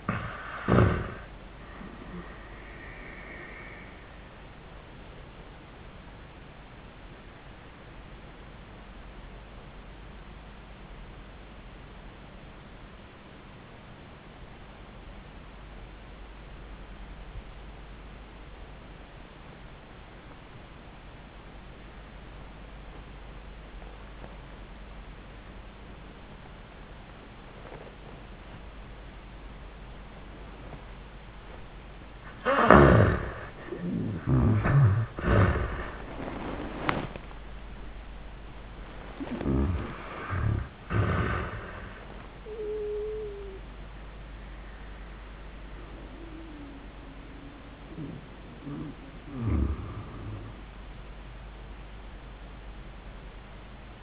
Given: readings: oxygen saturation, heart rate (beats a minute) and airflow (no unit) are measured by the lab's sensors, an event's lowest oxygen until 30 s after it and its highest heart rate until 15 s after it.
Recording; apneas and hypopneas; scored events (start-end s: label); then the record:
breathing in sleep by a voice recorder at the bedside; 1
10.00-34.00 s: obstructive apnea (N1, oxygen 92% highest, then 74% lowest, heart rate 78 at the start, 101 highest)
19.00-54.02 s: new sleep stage, N2 (light sleep)
From the record:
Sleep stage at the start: N1 (lightest sleep); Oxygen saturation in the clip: 71 to 92%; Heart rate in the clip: 78 to 101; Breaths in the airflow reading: 5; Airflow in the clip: -24.2 to 13.1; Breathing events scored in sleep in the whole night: 400 in 8.7 hours asleep